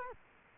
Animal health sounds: mosquito wingbeat signal from an infrared sensor; Culex quinquefasciatus

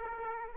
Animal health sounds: mosquito wingbeat signal from an infrared sensor; Aedes aegypti

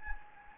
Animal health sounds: mosquito wingbeat signal from an infrared sensor; Anopheles gambiae

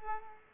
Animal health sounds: mosquito wingbeat signal from an infrared sensor; Culex pipiens

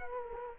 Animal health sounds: mosquito wingbeat signal from an infrared sensor; Culex quinquefasciatus

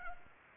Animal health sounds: mosquito wingbeat signal from an infrared sensor; Culex pipiens

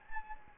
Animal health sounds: mosquito wingbeat signal from an infrared sensor; Anopheles gambiae

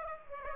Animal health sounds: mosquito wingbeat signal from an infrared sensor; Aedes aegypti

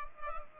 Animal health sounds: mosquito wingbeat signal from an infrared sensor; Culex pipiens

